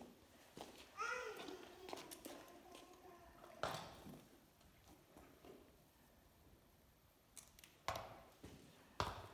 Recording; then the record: sound track of a video of a horse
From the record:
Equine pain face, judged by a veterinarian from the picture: absent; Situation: after eating a carrot, before or after surgery for tooth resorption and hypercementosis (EOTRH)